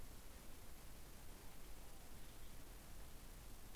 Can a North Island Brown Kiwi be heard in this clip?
no